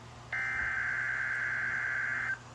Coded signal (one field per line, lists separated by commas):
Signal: Emergency Alert System (SAME) tones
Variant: header bursts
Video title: Required Weekly Test (3/26/2025) (EAS #147)